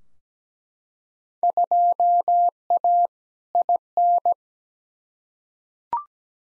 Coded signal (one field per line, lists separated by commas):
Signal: Morse code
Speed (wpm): 17 wpm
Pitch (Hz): 700 Hz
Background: none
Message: 2A IN